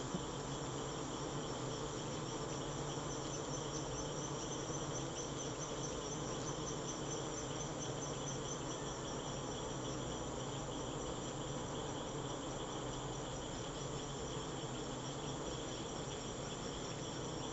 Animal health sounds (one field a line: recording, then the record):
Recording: honeybee defence experiment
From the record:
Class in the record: attack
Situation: Africanized honeybees under attack by Camponotus atriceps ants